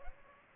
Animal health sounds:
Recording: mosquito wingbeat signal from an infrared sensor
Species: Aedes aegypti

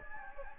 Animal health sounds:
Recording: mosquito wingbeat signal from an infrared sensor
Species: Anopheles gambiae

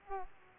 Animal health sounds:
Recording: mosquito wingbeat signal from an infrared sensor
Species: Aedes aegypti

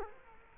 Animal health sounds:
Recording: mosquito wingbeat signal from an infrared sensor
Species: Culex quinquefasciatus

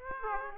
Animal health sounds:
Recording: mosquito wingbeat signal from an infrared sensor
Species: Aedes aegypti

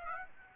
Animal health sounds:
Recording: mosquito wingbeat signal from an infrared sensor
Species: Aedes aegypti

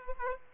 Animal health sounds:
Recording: mosquito wingbeat signal from an infrared sensor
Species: Aedes aegypti

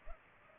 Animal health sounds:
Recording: mosquito wingbeat signal from an infrared sensor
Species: Culex pipiens

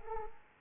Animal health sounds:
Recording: mosquito wingbeat signal from an infrared sensor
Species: Culex pipiens

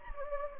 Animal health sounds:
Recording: mosquito wingbeat signal from an infrared sensor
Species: Anopheles gambiae

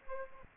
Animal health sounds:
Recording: mosquito wingbeat signal from an infrared sensor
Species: Aedes aegypti

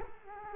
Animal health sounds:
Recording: mosquito wingbeat signal from an infrared sensor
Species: Culex quinquefasciatus

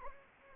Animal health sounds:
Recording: mosquito wingbeat signal from an infrared sensor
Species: Anopheles gambiae

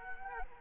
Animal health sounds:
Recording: mosquito wingbeat signal from an infrared sensor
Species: Culex quinquefasciatus

